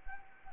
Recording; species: mosquito wingbeat signal from an infrared sensor; Anopheles arabiensis